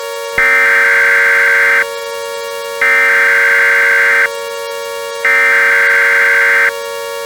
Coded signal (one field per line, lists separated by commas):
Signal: Emergency Alert System (SAME) tones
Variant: header bursts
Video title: EAS Scenario - Negative Lightning